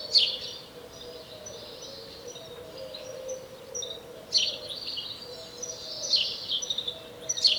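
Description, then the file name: House sparrow, a few harsh chirps and short chattering bursts scattered throughout over a steady low hum. "Passer domesticus"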